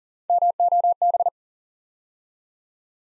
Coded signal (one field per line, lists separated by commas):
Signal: Morse code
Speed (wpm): 41 wpm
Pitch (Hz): 700 Hz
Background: none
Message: MOB